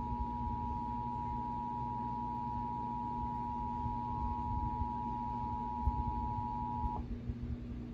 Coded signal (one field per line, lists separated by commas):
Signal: Emergency Alert System (SAME) tones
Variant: 853 and 960 Hz attention tone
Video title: June 2024 Texas Required Monthly Test (EAS #637-645)